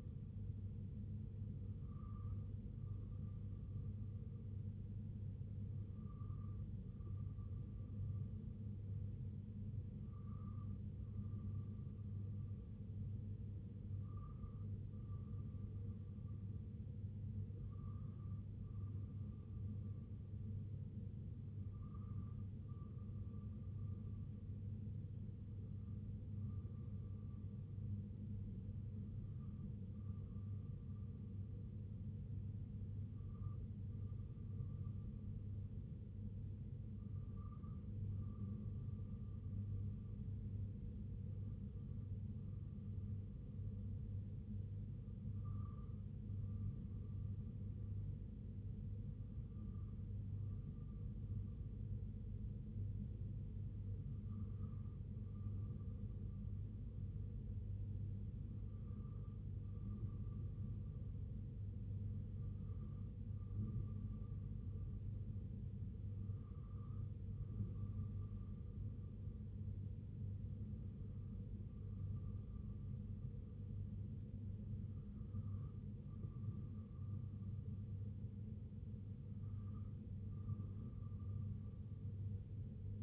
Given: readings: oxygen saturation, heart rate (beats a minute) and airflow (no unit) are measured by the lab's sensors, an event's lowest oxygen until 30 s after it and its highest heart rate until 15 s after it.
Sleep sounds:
breathing in sleep by a smartphone at the bedside; none
none scored
From the record:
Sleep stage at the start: N2 (light sleep); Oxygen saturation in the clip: 93 to 95%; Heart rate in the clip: 63 to 68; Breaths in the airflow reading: 20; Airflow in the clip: -2.9 to 1.9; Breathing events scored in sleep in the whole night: 258 in 7.4 hours asleep

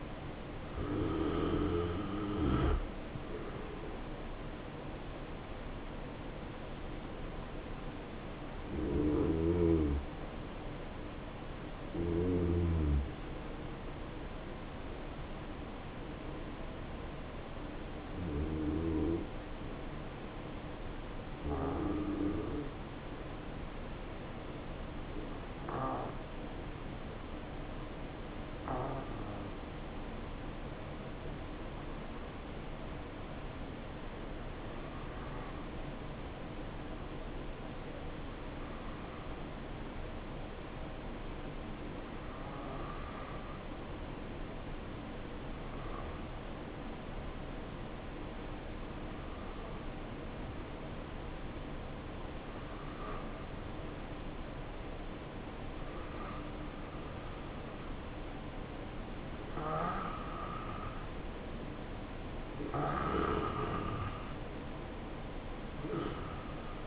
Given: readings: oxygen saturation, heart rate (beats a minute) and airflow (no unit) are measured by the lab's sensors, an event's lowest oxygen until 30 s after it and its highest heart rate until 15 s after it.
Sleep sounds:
breathing in sleep by a voice recorder at the bedside; 1
15.00-57.00 s: hypopnea (N2, oxygen 94% highest, then 88% lowest, heart rate 69 at the start, 70 highest)
From the record:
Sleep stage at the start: N2 (light sleep); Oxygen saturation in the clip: 89 to 94%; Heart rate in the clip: 63 to 73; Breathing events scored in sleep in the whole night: 277 in 7.4 hours asleep

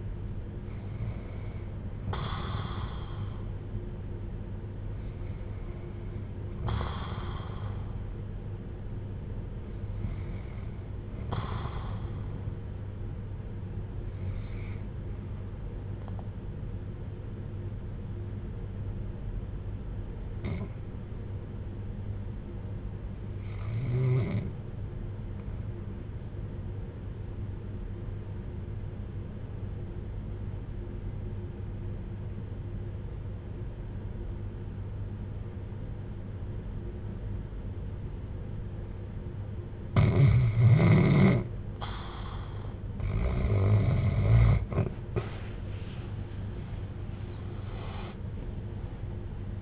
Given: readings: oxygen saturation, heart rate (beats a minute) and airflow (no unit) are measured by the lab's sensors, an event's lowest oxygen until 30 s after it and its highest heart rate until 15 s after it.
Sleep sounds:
breathing in sleep by a smartphone at the bedside; 1
17.00-45.30 s: obstructive apnea (REM, oxygen 96% highest, then 84% lowest, heart rate 64 at the start, 90 highest)
From the record:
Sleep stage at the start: REM sleep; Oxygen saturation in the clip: 83 to 96%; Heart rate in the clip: 58 to 69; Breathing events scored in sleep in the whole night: 310 in 8.1 hours asleep

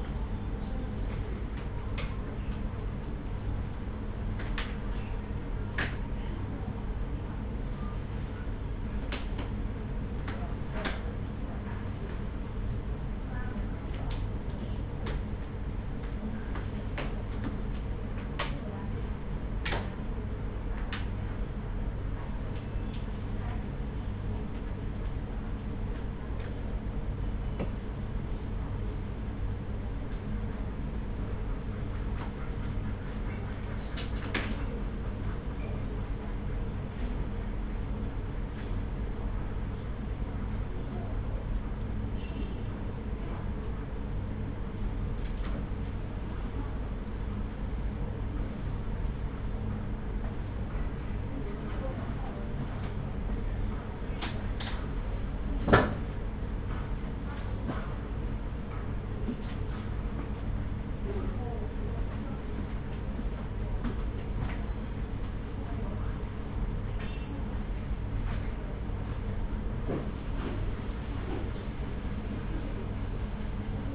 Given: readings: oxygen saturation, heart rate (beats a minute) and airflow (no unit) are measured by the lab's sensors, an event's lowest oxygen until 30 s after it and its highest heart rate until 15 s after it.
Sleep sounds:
a person awake in a sleep study, by a smartphone at the bedside; none
0.00-73.95 s: awake
0.00-73.95 s: awake
From the record:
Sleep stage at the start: awake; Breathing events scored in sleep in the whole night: 210 in 6.9 hours asleep

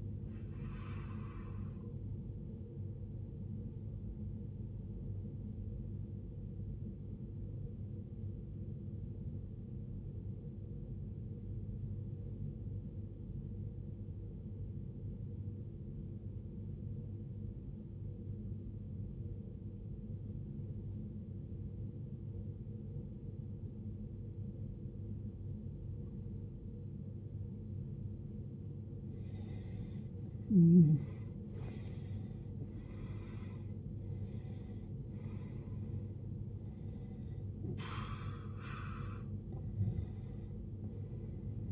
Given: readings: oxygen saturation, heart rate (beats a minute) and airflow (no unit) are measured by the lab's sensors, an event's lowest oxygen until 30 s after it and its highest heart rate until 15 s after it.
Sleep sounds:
breathing in sleep by a smartphone at the bedside; 1
9.00-31.70 s: obstructive apnea (N1, oxygen 96% highest, then 84% lowest, heart rate 62 at the start, 76 highest)
9.00-39.00 s: new sleep stage, N2 (light sleep)
39.00-41.72 s: new sleep stage, N1 (lightest sleep)
From the record:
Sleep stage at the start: N1 (lightest sleep); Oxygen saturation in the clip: 85 to 96%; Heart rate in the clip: 54 to 76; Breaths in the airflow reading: 5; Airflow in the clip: -19.0 to 19.5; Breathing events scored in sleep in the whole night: 389 in 6.3 hours asleep

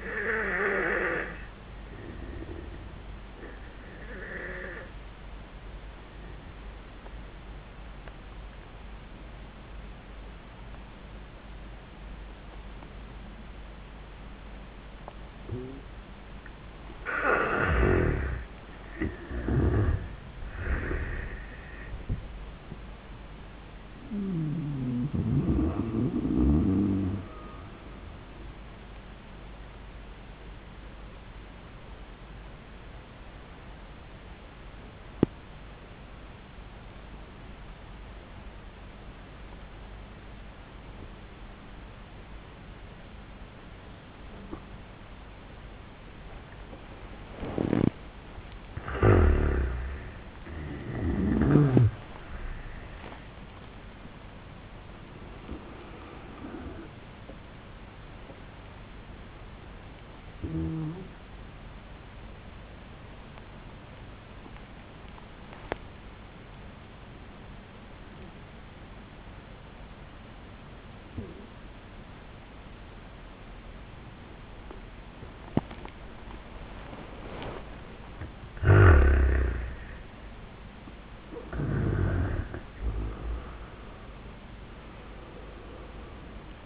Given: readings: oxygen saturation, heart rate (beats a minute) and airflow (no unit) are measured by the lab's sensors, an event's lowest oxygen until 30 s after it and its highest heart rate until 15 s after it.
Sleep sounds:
breathing in sleep by a voice recorder at the bedside; 3
5.00-17.70 s: obstructive apnea (N1, oxygen 94% highest, then 83% lowest)
31.00-49.80 s: obstructive apnea (N1, oxygen 96% highest, then 83% lowest)
62.00-77.60 s: obstructive apnea (N1, oxygen 96% highest, then 80% lowest)
From the record:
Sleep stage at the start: N1 (lightest sleep); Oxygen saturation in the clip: 79 to 96%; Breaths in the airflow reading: 7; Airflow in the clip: -18.1 to 20.0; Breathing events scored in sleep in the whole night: 400 in 8.7 hours asleep

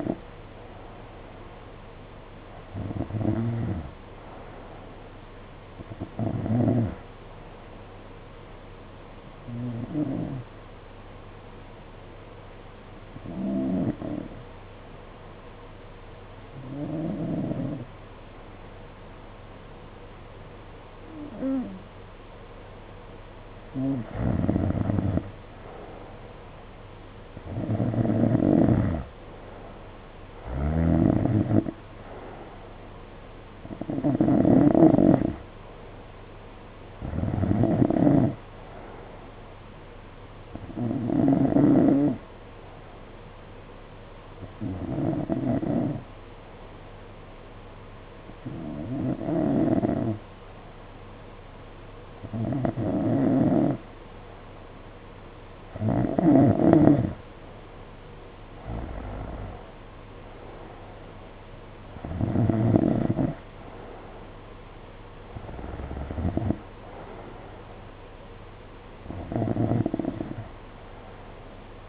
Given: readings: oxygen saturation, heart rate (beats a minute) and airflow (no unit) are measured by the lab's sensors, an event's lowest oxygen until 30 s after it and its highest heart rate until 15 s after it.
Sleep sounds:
breathing in sleep by a voice recorder at the bedside; 1
12.00-27.50 s: hypopnea (N2, oxygen 93% highest, then 89% lowest, heart rate 52 at the start, 60 highest)
From the record:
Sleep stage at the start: N2 (light sleep); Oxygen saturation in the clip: 88 to 93%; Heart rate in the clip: 51 to 60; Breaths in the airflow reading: 21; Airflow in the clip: -7.1 to 5.4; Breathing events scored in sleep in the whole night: 476 in 9.7 hours asleep

